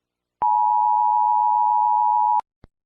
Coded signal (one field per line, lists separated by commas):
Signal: Emergency Alert System (SAME) tones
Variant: 853 and 960 Hz attention tone